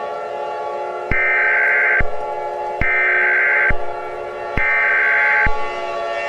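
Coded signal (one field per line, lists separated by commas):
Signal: Emergency Alert System (SAME) tones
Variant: header bursts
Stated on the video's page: Fictional EAS scenario.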